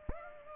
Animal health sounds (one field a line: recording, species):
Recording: mosquito wingbeat signal from an infrared sensor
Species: Aedes aegypti